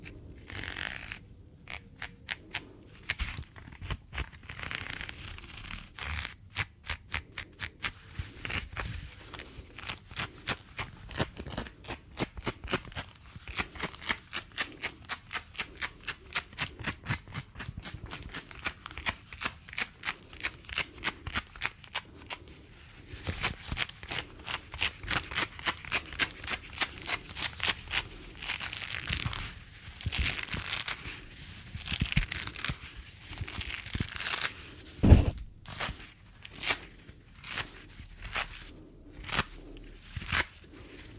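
Gloves are rubbed and snapped in a dense run of sharp, crackly rustles that repeat in quick, fairly regular bursts for the whole length. The sound is bright and papery, with busier, louder stretches near 30 seconds and one strong snap around 35 seconds.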